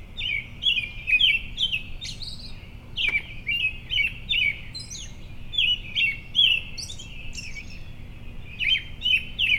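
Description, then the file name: American robin song: steady run of caroling whistled phrases, rising and falling, with high thin squeaky notes mixed in and faint low hum beneath. Predawn, at home in Maryland, 20 May 2012. "American Robin predawn Home MD"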